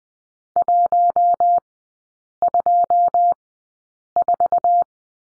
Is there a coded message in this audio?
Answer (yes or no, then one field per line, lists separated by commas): yes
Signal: Morse code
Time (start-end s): 0.6-4.8 s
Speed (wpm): 20 wpm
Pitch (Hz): 700 Hz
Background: none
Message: 124